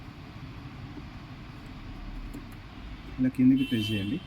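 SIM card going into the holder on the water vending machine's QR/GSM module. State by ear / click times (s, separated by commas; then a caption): not seated / none. A SIM card is placed into the red holder on a water vending machine's QR/GSM module and positioned before being pressed down to lock. A low steady background hum runs throughout, and near the end someone talks. Nothing has seated or clicked yet.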